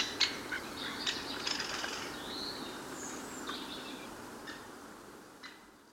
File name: Buntspecht Rufe